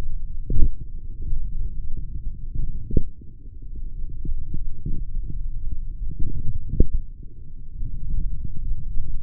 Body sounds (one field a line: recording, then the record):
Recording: forearm muscle sounds (acoustic myography)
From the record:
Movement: forearm supination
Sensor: system 3, bracelet of six PUI Audio POM-2738L microphones around the upper forearm, with dedicated amplification and filtering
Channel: 6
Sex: male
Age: 26 years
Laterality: right